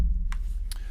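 The release switch on the polymer folding front grip of an Umarex H&K MP7 A1 AEG airsoft SMG replica is pulled down, and the grip, mounted on the lower rail, unlocks and folds away. Two short, sharp ticks sound at 0.3 s and 0.7 s over a steady low hum.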